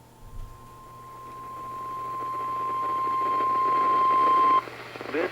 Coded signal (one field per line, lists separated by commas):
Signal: Emergency Alert System (SAME) tones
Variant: 1050 Hz attention tone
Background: speech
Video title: EAS #1072-#1080: The Winter Hazards are Getting old now | KHB36, WXM42, & KEC83